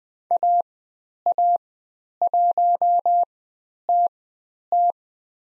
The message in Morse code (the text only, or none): AA1TT